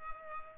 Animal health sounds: mosquito wingbeat signal from an infrared sensor; Culex pipiens

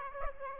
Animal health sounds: mosquito wingbeat signal from an infrared sensor; Aedes aegypti

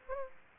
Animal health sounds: mosquito wingbeat signal from an infrared sensor; Aedes aegypti

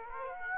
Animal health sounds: mosquito wingbeat signal from an infrared sensor; Aedes aegypti

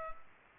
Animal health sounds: mosquito wingbeat signal from an infrared sensor; Culex pipiens

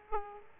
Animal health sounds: mosquito wingbeat signal from an infrared sensor; Aedes aegypti

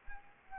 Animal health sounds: mosquito wingbeat signal from an infrared sensor; Anopheles arabiensis

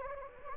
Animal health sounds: mosquito wingbeat signal from an infrared sensor; Anopheles gambiae

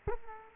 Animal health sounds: mosquito wingbeat signal from an infrared sensor; Culex quinquefasciatus

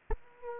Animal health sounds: mosquito wingbeat signal from an infrared sensor; Aedes aegypti

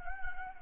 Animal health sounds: mosquito wingbeat signal from an infrared sensor; Anopheles gambiae

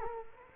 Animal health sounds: mosquito wingbeat signal from an infrared sensor; Culex quinquefasciatus

